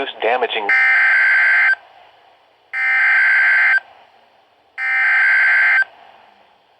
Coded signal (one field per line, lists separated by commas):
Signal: Emergency Alert System (SAME) tones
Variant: header bursts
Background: speech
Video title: INITIATION OF THE FIRST WAVE - EAS Alerts from 5/7/24 #46-48